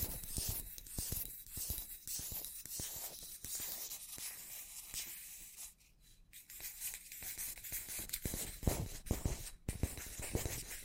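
Scratchy tapping on matte objects in a rapid, busy pattern of dry clicks and scrapes with bright, crisp edges. The texture stays dense throughout, easing briefly to a near-silent pause around six seconds before the tapping resumes just as quickly.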